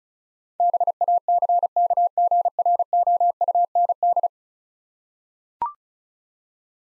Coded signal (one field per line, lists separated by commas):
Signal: Morse code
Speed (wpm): 36 wpm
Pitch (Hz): 700 Hz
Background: none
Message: BACKGROUND